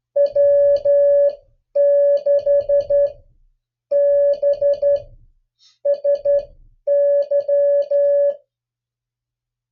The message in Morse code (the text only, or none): W6BSY